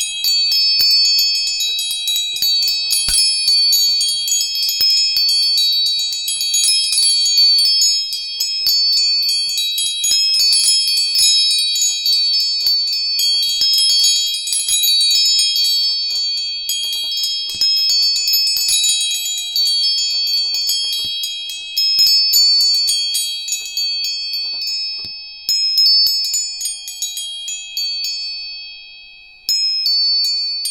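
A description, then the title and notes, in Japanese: Tuning forks struck again and again, layering dense, bright, bell-like ringing tones that hang steadily before thinning and fading near the end. 音叉チューニング。396hz。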